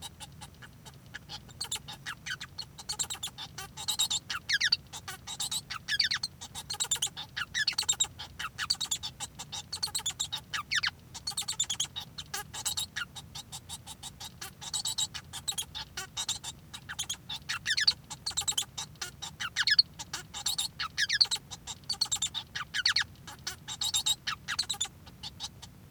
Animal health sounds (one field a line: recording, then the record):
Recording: song of a male Bengalese finch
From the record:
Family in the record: son of father 1